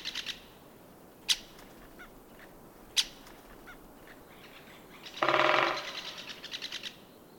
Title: Käpytikka